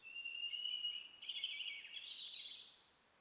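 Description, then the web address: European robin song, one long phrase opening with a sustained thin whistle, then breaking into higher, faster twittering notes before fading. "SETE Erithacus rubecula"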